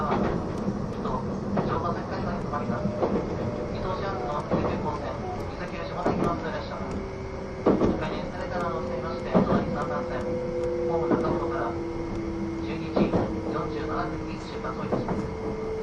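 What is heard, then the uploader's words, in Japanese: A train running, heard from on board: a steady low rumble with a faint, level motor whine. Sharp clicks and thumps from the wheels come every second or two, and a voice, likely an announcement, talks through the middle of the clip. E261系 S踊り子01号02 熱海～伊豆急下田。伊豆への新たなフラッグシップトレインとなる、E261系S踊り子01号を収録したものです。走行音。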